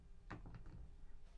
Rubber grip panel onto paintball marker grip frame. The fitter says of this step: them on the side down an angle snaps into place got